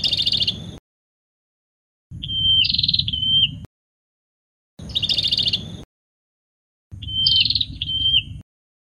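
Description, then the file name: Prinia giving four bursts of song, rapid buzzy trills alternating with phrases of flat whistles and rasping notes, low rumble beneath. "suara burung perenjak kamboja. omkicau"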